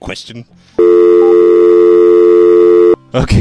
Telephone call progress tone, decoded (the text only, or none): dial tone